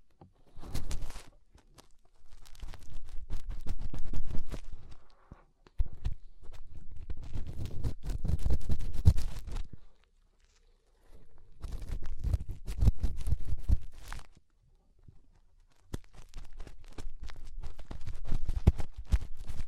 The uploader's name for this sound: Inner Ear Cleaning Using Fingers